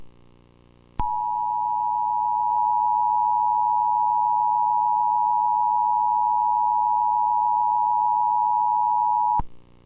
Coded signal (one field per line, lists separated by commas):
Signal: Emergency Alert System (SAME) tones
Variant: 853 and 960 Hz attention tone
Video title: Nickelodeon EAS anomaly (2002)